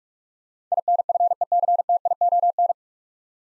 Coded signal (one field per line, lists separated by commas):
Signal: Morse code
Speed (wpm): 46 wpm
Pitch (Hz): 700 Hz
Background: none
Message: INFECTION